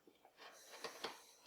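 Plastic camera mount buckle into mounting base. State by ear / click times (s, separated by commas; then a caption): not seated / none. A plastic quick-release camera mount buckle for a GoPro HERO3 Black Edition is slid by hand into its matching mounting base, with soft scraping and sharp plastic handling ticks near 0.8, 1.0 and 1.5 seconds. The clip ends just before the buckle goes home, so nothing has seated or clicked yet.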